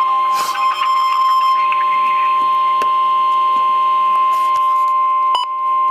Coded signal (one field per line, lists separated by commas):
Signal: Emergency Alert System (SAME) tones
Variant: 1050 Hz attention tone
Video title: Winter Storm Warning (EAS #685)